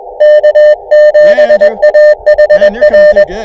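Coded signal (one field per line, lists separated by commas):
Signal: Morse code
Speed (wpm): 18 wpm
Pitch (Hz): 600 Hz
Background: none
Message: K7AHR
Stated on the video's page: Summits On The Air activation on a summit in New Mexico.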